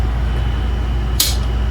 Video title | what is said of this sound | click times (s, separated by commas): HAPPIJAC Mini Bench Modification - Free Motion of Bed Frame - Happy Jack MOD - RV Happi Jac | locks into place so let me measure this and | 1.2 s